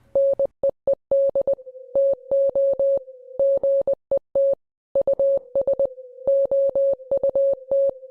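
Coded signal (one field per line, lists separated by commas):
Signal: Morse code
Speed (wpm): 20 wpm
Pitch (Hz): 550 Hz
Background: none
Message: NEED TO GET US OUT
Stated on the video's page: Morse code within Minecraft ARG mystery content.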